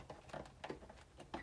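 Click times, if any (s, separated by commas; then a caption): 0.6 s, 1.3 s. A stripped sprinkler zone wire is pushed into the spring-loaded push-in terminal of a Rachio 2nd Gen irrigation controller, with sharp clicks at 0.7 s and 1.3 s among a few softer ticks. The wire is then tugged to confirm it is seated and secure.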